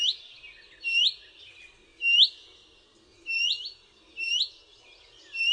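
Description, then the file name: Willow warbler repeating rising whistled call notes, five in a row at uneven intervals of about one second, over a quiet background. "PIECUSZEK"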